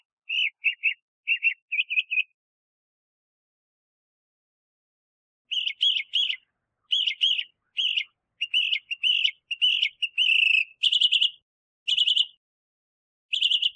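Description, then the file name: Northern mockingbird song: several quick notes, a pause, then varied buzzy and chirped phrases in rapid succession. "Mimus polyglottos"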